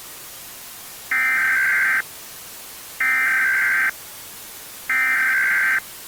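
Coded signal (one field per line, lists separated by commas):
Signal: Emergency Alert System (SAME) tones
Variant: header bursts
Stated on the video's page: Simulated EAS scenario of a 2032 asteroid impact, with attack warnings and evacuation orders.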